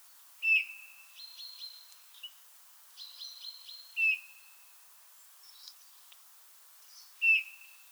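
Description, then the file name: Eurasian bullfinch repeating soft fluting whistles about every three and a half seconds, with quick, rattling higher notes in between. "Pyrrhula pyrrhula"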